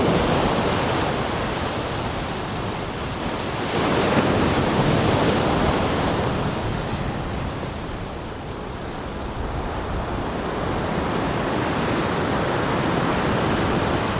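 Ocean waves make a continuous, dense wash of rushing water that fills the lows and the highs alike. The level stays nearly constant, swelling slightly around four to six seconds and easing a little near eight seconds, with no distinct breaking crashes standing out.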